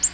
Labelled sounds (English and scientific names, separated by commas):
Black-throated Green Warbler (Setophaga virens) flight call